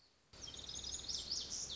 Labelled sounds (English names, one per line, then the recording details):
Lazuli Bunting
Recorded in Sonoma County, California